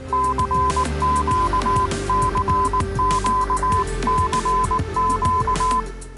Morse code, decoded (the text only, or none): CQCQCQ